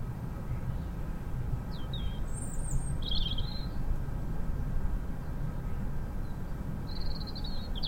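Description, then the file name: European robin singing short high, trilling phrases, a few scattered throughout, with constant low-pitched background rumble. "Erithacus rubecula"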